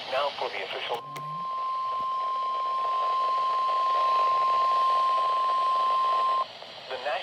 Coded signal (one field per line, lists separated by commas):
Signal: Emergency Alert System (SAME) tones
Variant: 1050 Hz attention tone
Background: speech